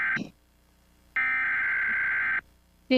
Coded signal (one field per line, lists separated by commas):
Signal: Emergency Alert System (SAME) tones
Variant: header bursts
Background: speech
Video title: EAS alarms from around the world 🚨🌍